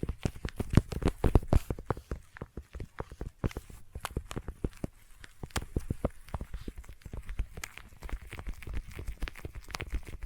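Intense sticky tapping fills the whole stretch: rapid, irregular taps with a tacky, clicking texture, thickest and loudest in the first two seconds. The taps continue densely but a little softer afterward, with brief pauses and uneven bursts, sometimes resembling clip-clopping hooves.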